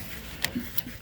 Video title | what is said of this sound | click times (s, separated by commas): 1990-96 F150 OBS Ford Side Fuel Tank Replacement - Installing Brand New Tank | There you go. There, we heard it click. | 0.5 s